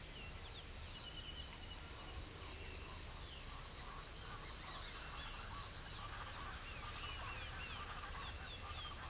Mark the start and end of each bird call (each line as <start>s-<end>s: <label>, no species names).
0.00s-0.75s: bird call
3.82s-9.09s: bird call